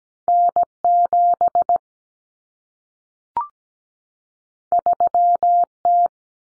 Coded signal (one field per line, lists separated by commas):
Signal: Morse code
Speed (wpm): 17 wpm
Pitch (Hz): 700 Hz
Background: none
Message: N7 3T